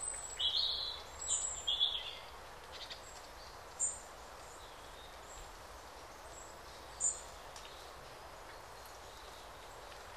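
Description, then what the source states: Birds chirping: a quick burst of high twittering notes early on, followed by isolated thin chirps every few seconds against a constant background hiss. Calm forest by day with birds singing.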